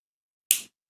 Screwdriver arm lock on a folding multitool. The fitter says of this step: You can see that, how it locks into place,